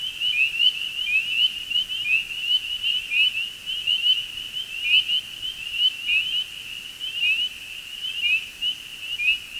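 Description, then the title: Spring peeper chorus of many overlapping bright, rising whistled peeps forming a steady high-pitched drone. Early-spring chorus; persistent, delicate whistle-like peeping drone. "Spring Peepers and two other frog species calling in early spring"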